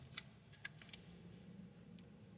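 During a fuse box repair on a 2011 Ford F-250 6.7 Power Stroke truck, a fuse box section is slid up from the back into its keyed mounting slot. A few light plastic ticks are heard, and the section clicks firmly into place at 0.7 s, seating it in the mount.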